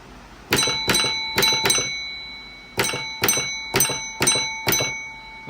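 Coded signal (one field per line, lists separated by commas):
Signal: bell signal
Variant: railway block bell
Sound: a ringing bell struck four times quickly, a pause, then five more strikes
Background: small room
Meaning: Train passed without a tail lamp, so it is incomplete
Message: 4-5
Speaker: that means the train is complete um if it's incomplete it's four or five which would be like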